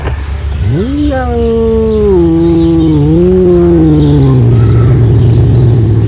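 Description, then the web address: Serval call, a long harmonic cry that rises sharply then slides slowly downward over about four seconds, above a steady low engine hum. "earth naturelibrary assets s se serval"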